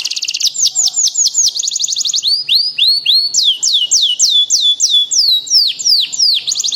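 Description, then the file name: Atlantic canary song of rolling whistled notes, some fast and tight, others slower and looping, delivered in an unbroken stream. Standard-type canary (kenari standar). "suara-kicauan-kenari-standar 4-omkicau"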